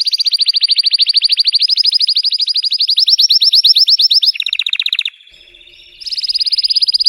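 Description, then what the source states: Canary (Belgian, red frosted): canary song: long high rolling trill that shifts to a lower rapid rattle, a brief quiet buzzy pause, then the high trill resumes. Belgian canary, red frosted variety.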